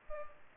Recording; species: mosquito wingbeat signal from an infrared sensor; Anopheles arabiensis